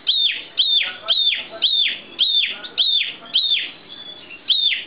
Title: Kicau Kacer